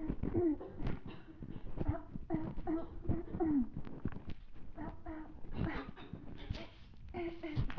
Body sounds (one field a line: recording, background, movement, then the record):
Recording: throat clearing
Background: a bystander coughing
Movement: walking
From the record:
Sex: female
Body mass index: 18.8 kg/m2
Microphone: on the chest, facing the body